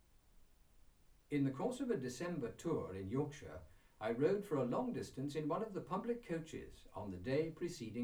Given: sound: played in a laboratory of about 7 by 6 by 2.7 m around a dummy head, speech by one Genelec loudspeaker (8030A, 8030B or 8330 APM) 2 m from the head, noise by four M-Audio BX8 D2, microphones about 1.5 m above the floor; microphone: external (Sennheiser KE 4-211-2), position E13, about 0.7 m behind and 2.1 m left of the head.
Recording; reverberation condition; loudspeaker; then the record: male speech in English; low; 90 degrees to the right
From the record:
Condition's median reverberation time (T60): about 310 ms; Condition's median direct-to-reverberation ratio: about 3.5 dB